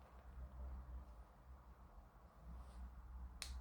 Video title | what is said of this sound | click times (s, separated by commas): Airfix Supermarine Spitfire Mk.Vc Unboxing And Full Build Video. | Just snaps into place. | 3.4 s